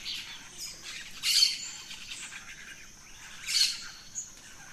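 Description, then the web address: Birds calling in a dawn chorus: two short, harsh, squawk-like bursts stand out over a faint background of high chirps. Dawn chorus in rainforest, Gran Sabana, Venezuela. "naturescapes Birds in the Rainforest 03 Dawn Venezuela Gran Sabana"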